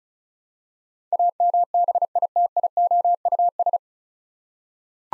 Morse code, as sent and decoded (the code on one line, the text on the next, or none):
.- -- -... .. - .. --- ..- ...
AMBITIOUS